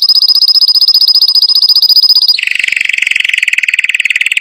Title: Masteran Kenari Gacor Full Isian Untuk Lovebird, Murai Batu, Kenari, Cucak Ijo